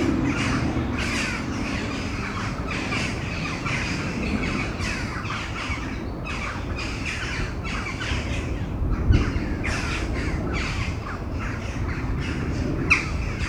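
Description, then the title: Crows giving harsh, grating caws, many overlapping calls spread throughout, with a low rumbling background. Crows before a storm at Domaine de Tivoli, Mechelen, Belgium; Sony PCM-M10 internal microphones. "Domaine de Tivoli, Malines, Belgique, Belgium - Corneilles avant lorage - Crows before the storm"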